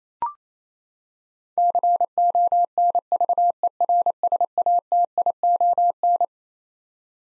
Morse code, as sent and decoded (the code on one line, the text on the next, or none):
-.-. --- -. ...- . .-. ... .- - .. --- -.
CONVERSATION